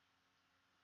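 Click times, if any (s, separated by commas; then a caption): none. The two end stoppers of a water sampling bottle are being pulled apart by hand toward the release mechanism that latches them in the open position. Only a steady, even broadband hiss is heard, with no distinct transients. Nothing has seated or clicked yet.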